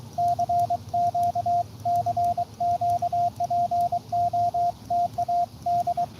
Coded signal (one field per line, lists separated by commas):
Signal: Morse code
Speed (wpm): 23 wpm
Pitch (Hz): 700 Hz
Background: radio noise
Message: CQ CQ POTA D